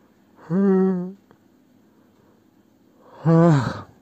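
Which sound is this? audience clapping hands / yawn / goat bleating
yawn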